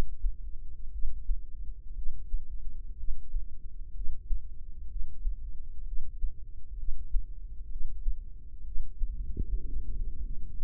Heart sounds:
heart sounds by microphone in the left ear; 62 bpm
0.91 s: heartbeat
1.94 s: heartbeat
2.96 s: heartbeat
3.92 s: heartbeat
4.87 s: heartbeat
5.84 s: heartbeat
6.76 s: heartbeat
7.68 s: heartbeat
8.63 s: heartbeat
9.62 s: heartbeat
10.54 s: heartbeat
From the record:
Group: healthy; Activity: breath hold 0-8 s, rest 8-11 s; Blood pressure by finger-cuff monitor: 99/62 mmHg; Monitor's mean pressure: 76 mmHg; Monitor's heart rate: 61 bpm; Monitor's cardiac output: 5.7 L/min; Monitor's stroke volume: 92 mL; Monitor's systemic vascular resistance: 950 dyn s/cm5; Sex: female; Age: 22 years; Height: 157 cm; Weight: 47.6 kg

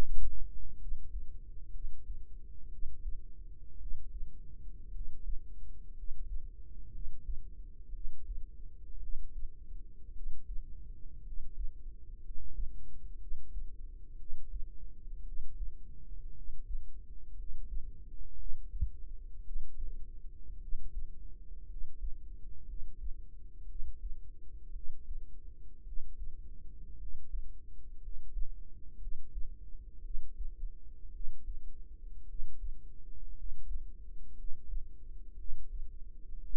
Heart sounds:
heart sounds by microphone in the right ear; 57 bpm
0.76 s: heartbeat
1.70 s: heartbeat
2.68 s: heartbeat
3.76 s: heartbeat
4.90 s: heartbeat
5.92 s: heartbeat
6.89 s: heartbeat
7.90 s: heartbeat
8.98 s: heartbeat
10.11 s: heartbeat
11.21 s: heartbeat
12.19 s: heartbeat
13.16 s: heartbeat
14.15 s: heartbeat
15.22 s: heartbeat
16.31 s: heartbeat
17.33 s: heartbeat
18.34 s: heartbeat
19.41 s: heartbeat
20.57 s: heartbeat
21.64 s: heartbeat
22.64 s: heartbeat
23.65 s: heartbeat
24.70 s: heartbeat
25.82 s: heartbeat
26.95 s: heartbeat
27.98 s: heartbeat
28.96 s: heartbeat
30.00 s: heartbeat
31.10 s: heartbeat
32.24 s: heartbeat
33.32 s: heartbeat
34.33 s: heartbeat
35.34 s: heartbeat
36.39 s: heartbeat
From the record:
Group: healthy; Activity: rest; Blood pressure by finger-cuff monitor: 99/52 mmHg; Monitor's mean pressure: 64 mmHg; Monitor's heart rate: 58 bpm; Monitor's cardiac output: 5 L/min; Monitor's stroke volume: 88 mL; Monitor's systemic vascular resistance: 910 dyn s/cm5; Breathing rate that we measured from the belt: 11 breaths a minute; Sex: male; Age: 25 years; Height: 170 cm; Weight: 70.4 kg

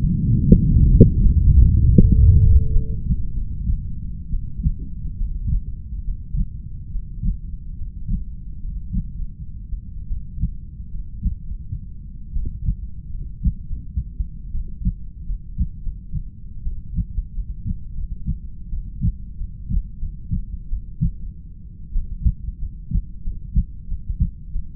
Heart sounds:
heart sounds by stethoscope; 82 bpm
0.47 s: heartbeat
1.22 s: heartbeat
1.96 s: heartbeat
2.71 s: heartbeat
3.34 s: heartbeat
4.31 s: heartbeat
5.18 s: heartbeat
6.04 s: heartbeat
6.90 s: heartbeat
7.76 s: heartbeat
8.59 s: heartbeat
9.12 s: heartbeat
10.07 s: heartbeat
10.88 s: heartbeat
11.42 s: heartbeat
12.32 s: heartbeat
13.09 s: heartbeat
13.64 s: heartbeat
14.50 s: heartbeat
15.24 s: heartbeat
15.80 s: heartbeat
16.62 s: heartbeat
17.31 s: heartbeat
17.92 s: heartbeat
18.68 s: heartbeat
19.35 s: heartbeat
19.97 s: heartbeat
20.68 s: heartbeat
21.14 s: heartbeat
21.92 s: heartbeat
22.57 s: heartbeat
23.22 s: heartbeat
23.86 s: heartbeat
24.50 s: heartbeat
From the record:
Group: heart failure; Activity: rest 0-7 s, breath hold 7-25 s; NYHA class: 1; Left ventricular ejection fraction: 39%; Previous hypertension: present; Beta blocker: carvedilol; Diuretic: furosemide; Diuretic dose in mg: 20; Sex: male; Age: 60 years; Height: 178 cm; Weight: 62 kg

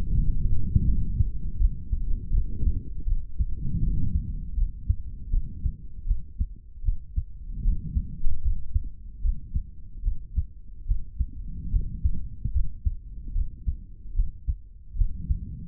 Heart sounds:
heart sounds by stethoscope; 77 bpm
0.11 s: heartbeat
0.85 s: heartbeat
1.58 s: heartbeat
2.31 s: heartbeat
3.05 s: heartbeat
3.80 s: heartbeat
4.55 s: heartbeat
5.31 s: heartbeat
6.06 s: heartbeat
6.83 s: heartbeat
7.63 s: heartbeat
8.42 s: heartbeat
9.22 s: heartbeat
10.03 s: heartbeat
10.86 s: heartbeat
11.71 s: heartbeat
12.53 s: heartbeat
13.33 s: heartbeat
14.14 s: heartbeat
14.96 s: heartbeat
From the record:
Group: healthy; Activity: rest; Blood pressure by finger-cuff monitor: 105/82 mmHg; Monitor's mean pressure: 91 mmHg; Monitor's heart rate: 77 bpm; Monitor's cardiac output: 3.6 L/min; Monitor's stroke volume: 47 mL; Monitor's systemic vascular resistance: 1930 dyn s/cm5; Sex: male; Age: 55 years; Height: 167 cm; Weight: 57.2 kg

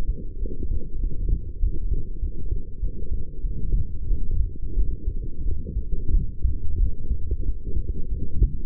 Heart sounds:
heart sounds by stethoscope; 94 bpm
0.39 s: heartbeat
1.01 s: heartbeat
1.60 s: heartbeat
2.20 s: heartbeat
2.80 s: heartbeat
3.42 s: heartbeat
4.08 s: heartbeat
4.75 s: heartbeat
5.43 s: heartbeat
6.12 s: heartbeat
6.78 s: heartbeat
7.43 s: heartbeat
8.09 s: heartbeat
From the record:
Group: healthy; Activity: light exercise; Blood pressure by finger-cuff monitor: 98/70 mmHg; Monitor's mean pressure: 78 mmHg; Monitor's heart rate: 94 bpm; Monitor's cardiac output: 6.7 L/min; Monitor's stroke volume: 71 mL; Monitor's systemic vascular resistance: 840 dyn s/cm5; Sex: female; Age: 23 years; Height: 160 cm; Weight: 50.4 kg

